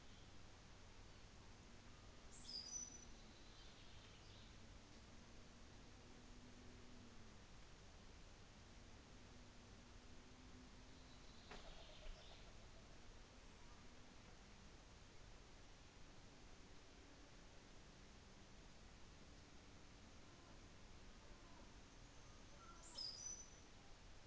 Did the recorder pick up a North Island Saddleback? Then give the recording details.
no. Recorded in New Zealand on 24 December 2018. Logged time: 17:45